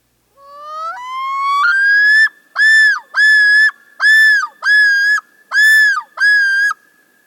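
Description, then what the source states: Common Loon yodel: a long wail stepping upward in pitch, then six loud, even repeated phrases in quick succession. Yodel given by the male as its territorial call; a far-carrying series of repeated phrases.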